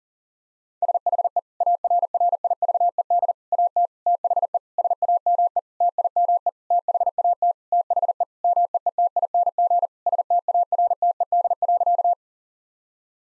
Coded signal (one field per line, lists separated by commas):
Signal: Morse code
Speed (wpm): 40 wpm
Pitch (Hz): 700 Hz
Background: none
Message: SHE ARRIVED AT THE SAME TIME THAT THE MEETING STARTED.